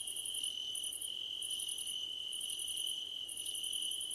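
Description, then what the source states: Crickets chirping in a dense night chorus: a steady high trill runs under rapid pulsed bursts, each short, repeating with brief gaps. Crickets chirping at night under a starlit sky, nighttime ambience.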